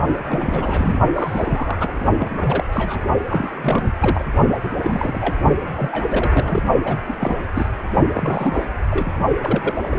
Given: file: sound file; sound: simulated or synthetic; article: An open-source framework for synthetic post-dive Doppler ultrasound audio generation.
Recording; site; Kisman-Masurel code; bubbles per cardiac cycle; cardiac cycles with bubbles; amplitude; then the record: Doppler ultrasound audio after a dive; precordial; 342; rolling drumbeat, over 9; 100%; moderate amplitude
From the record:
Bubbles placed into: partial cardiac cycles